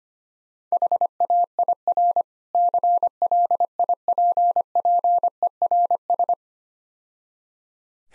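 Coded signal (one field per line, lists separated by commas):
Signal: Morse code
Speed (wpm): 26 wpm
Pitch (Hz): 700 Hz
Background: none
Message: HAIR CLIPPERS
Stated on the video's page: Morse code practice drill at 25 wpm, difficult words with contextual hints.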